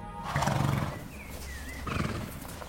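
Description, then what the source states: Horses snorting and blowing in low, breathy bursts, with a brief thin squeal in the middle and hoof clops around them. Newly recruited military riding and pack animals (remounts), 4 to 5 years old, at the horse yard by the Hochstaufen barracks, Bad Reichenhall, crowding around a hay rack, jostling over rank, snorting into the microphone.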